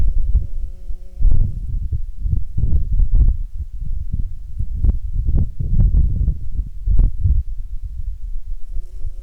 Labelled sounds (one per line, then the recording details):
wind
insects
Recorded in Ivvavik National Park, Yukon, on 16 June 2019 at 00:37
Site SINP09